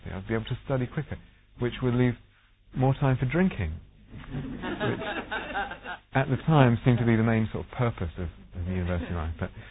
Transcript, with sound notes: I'll be able to study quicker, which will leave more time for drinking." [laughter] Which, at the time, seemed to be the main sort of purpose of university life.